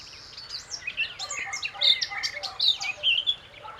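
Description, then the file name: Eurasian blackcap: quick warbling of mixed chirps and clear whistled notes running almost without pause. "Sylvia atricapilla"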